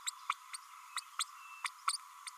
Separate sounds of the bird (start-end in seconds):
0.06-0.10, 0.29-0.33, 0.53-0.57, 0.96-0.99, 1.19-1.23, 1.64-1.67, 1.87-1.96, 2.26-2.29